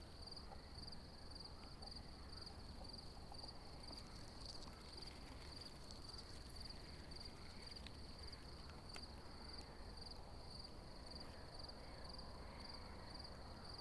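Crickets chirp in a steady, fast high pulse through all fourteen seconds over a constant low rumble, with faint brief ticks scattered throughout.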